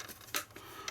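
After cleaning, the plastic disc lid of a Sega Saturn game console is closed, and its latch locks shut with a sharp click at 0.4 s. Fainter clicks follow at about 0.6 s and 0.9 s. The lid latches in place.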